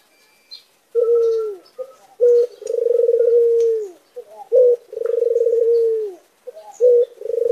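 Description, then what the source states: Barbary dove cooing in rolling, purring phrases, a quick upbeat note then a sustained trilled coo sliding lower, repeated several times, faint high chirps behind. White Barbary dove; recording made for training songbirds.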